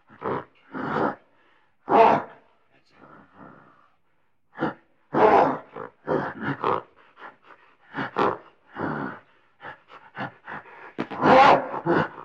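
Gorilla giving an irregular series of harsh breathy grunts and pant-like bursts, some quick and doubled, with loud rasping calls near the end.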